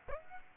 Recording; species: mosquito wingbeat signal from an infrared sensor; Aedes aegypti